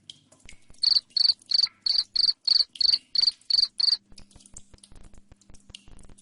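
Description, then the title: Cricket chirps, ten loud high-pitched pulses in quick regular succession, then giving way to faint clicks and a low hum. Loud cricket chirping played to make lovebirds sing continuously. "Suara JANGKRIK NGERIK Keras Bikin LOVEBIRD Jadi NGEKEK Terus Vubey"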